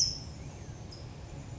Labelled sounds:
California Towhee (Melozone crissalis)
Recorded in Sonoma County, California

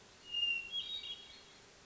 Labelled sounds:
Hermit Thrush (Catharus guttatus)
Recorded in Sonoma County, California

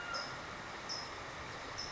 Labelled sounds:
California Towhee (Melozone crissalis)
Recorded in Sonoma County, California

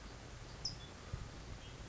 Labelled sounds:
California Towhee (Melozone crissalis)
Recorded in Sonoma County, California

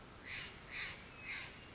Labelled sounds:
Steller's Jay (Cyanocitta stelleri)
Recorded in Sonoma County, California

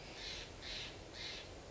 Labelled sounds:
Steller's Jay (Cyanocitta stelleri)
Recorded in Sonoma County, California

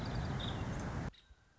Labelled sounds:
Nuttall's Woodpecker (Dryobates nuttallii)
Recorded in Sonoma County, California

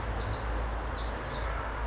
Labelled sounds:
Pacific Wren (Troglodytes pacificus)
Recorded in Sonoma County, California

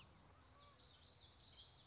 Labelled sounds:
Common Yellowthroat (Geothlypis trichas)
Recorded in Sonoma County, California

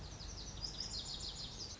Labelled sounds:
Lazuli Bunting (Passerina amoena)
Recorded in Sonoma County, California

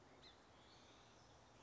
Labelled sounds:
Song Sparrow (Melospiza melodia)
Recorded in Sonoma County, California

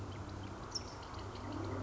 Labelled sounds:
California Towhee (Melozone crissalis)
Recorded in Sonoma County, California

